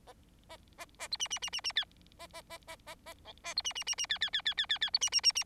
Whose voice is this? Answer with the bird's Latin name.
Lonchura striata domestica